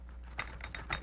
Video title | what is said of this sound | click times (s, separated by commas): DVD 507 4th of July Picnic Basket (Intermediate) | until it clicks and you'll hear it click up here and what it is this rim right here is resting on that notch | 0.9 s